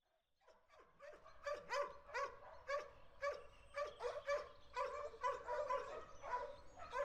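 Dog barking, a rapid irregular run of sharp barks about two per second, with some yelping notes mixed in.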